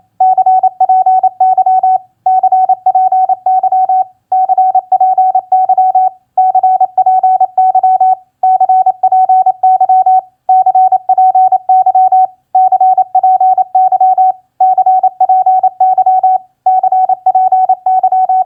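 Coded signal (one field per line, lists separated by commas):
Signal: Morse code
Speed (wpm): 27 wpm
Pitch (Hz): 750 Hz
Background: none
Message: CPY CPY CPY CPY CPY CPY CPY CPY CPY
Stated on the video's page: Morse practice of common QSO elements at 28 wpm.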